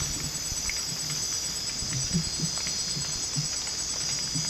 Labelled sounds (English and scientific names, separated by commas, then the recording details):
none
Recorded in dense forest near Puerto Asís, Putumayo, Colombia, on 22 December 2024 at 19:00
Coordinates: 0.484, -76.317
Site G026